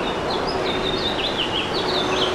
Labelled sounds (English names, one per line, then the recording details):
House Finch song
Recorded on Long Island, New York, on 15 June 2012
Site WI
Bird B